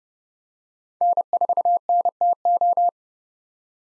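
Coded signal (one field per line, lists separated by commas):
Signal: Morse code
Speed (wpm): 30 wpm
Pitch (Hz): 700 Hz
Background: none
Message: N4NTO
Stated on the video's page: Head-copy drill of common POTA activator call signs sent at 30 wpm, each sent in Morse, spoken, then sent again.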